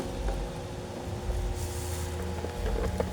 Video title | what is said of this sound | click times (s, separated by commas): how to unboxing . assembling ryzen 5 8gb ram 250gb ssd | 1 2 3 Ay nag-click na kaagad. Okay na. | 3.0 s